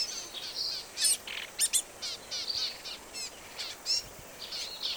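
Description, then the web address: Black-capped vireo singing a busy run of chattering, sharp high phrases, each different from the last, in quick succession over light background hiss. "birds vireos"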